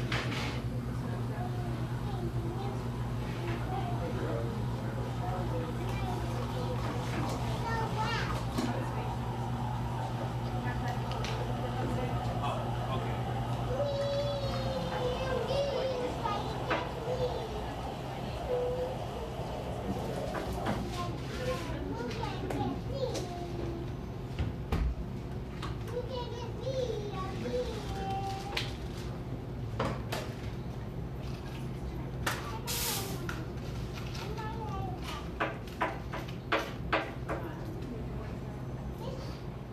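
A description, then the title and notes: A buzzing coffee shop with a steady low hum and a constant murmur of overlapping voices, some of them children's. Sharp clinks and knocks of dishes and cups break through often, with a flurry of bright clatter from about twenty seconds on. A buzzing coffee shop.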